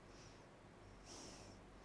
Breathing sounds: one breath in and out by a microphone near the nose and mouth; normal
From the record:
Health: marked as sick, illness not named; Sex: female

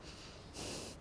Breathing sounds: one breath in and out by a microphone near the nose and mouth; strong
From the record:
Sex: male

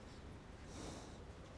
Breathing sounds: one breath in and out by a microphone near the nose and mouth; normal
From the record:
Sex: male

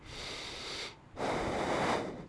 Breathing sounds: one breath in and out by a microphone near the nose and mouth; deep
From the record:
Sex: male

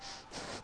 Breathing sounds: one breath in and out by a microphone near the nose and mouth; strong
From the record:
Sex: male

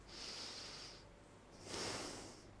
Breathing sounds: one breath in and out by a microphone near the nose and mouth; deep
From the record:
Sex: male

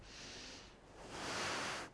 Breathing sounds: one breath in and out by a microphone near the nose and mouth; deep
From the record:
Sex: female

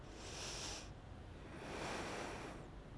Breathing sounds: one breath in and out by a microphone near the nose and mouth; deep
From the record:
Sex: female

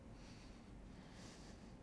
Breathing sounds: one breath in and out by a microphone near the nose and mouth; deep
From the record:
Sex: male

